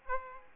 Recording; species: mosquito wingbeat signal from an infrared sensor; Aedes aegypti